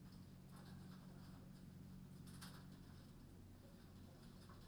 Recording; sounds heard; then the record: poultry house recording; no chicken sound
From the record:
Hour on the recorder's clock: 21